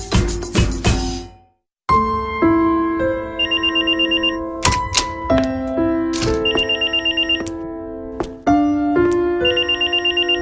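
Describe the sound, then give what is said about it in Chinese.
A telephone rings with a loud electronic melodic ringtone: sustained tones that step between pitches, broken by rapid high trilling bursts. It repeats several times after a few opening thumps and a brief silence. “喂， 啊，做乜咁耐先听电话？”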